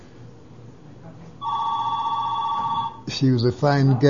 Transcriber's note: phone rings